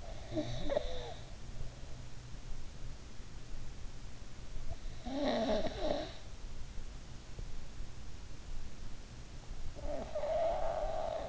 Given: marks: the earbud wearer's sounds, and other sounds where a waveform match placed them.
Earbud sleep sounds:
sounds in sleep by an in-ear microphone; snoring breath
0.00-1.19 s: snoring breath
5.02-6.20 s: snoring breath
9.74-11.29 s: snoring breath

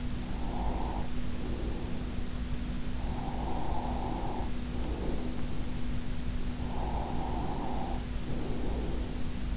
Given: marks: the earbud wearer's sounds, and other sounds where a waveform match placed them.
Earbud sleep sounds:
sounds in sleep by an in-ear microphone; breath
0.00-2.36 s: breath
2.97-5.69 s: breath
6.60-9.56 s: breath

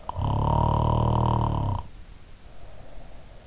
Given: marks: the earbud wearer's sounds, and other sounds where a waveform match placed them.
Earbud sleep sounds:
sounds in sleep by an in-ear microphone; snoring breath
0.00-3.47 s: snoring breath

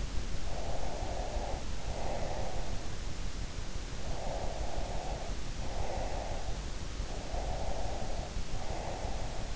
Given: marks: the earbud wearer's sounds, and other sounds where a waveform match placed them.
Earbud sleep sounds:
sounds in sleep by an in-ear microphone; breath
0.49-2.59 s: breath
3.98-6.63 s: breath
7.12-9.56 s: breath

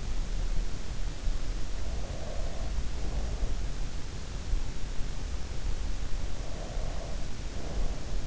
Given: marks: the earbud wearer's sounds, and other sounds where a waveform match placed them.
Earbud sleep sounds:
sounds in sleep by an in-ear microphone; breath
1.65-3.60 s: breath
6.34-8.26 s: breath

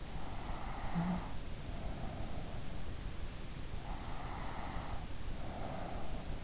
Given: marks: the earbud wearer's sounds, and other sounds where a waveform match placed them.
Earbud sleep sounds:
sounds in sleep by an in-ear microphone; snoring breath
0.05-2.79 s: snoring breath
3.80-6.44 s: snoring breath

